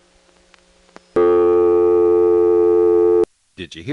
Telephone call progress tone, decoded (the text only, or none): dial tone